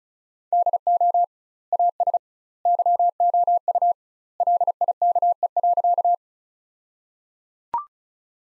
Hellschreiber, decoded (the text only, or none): none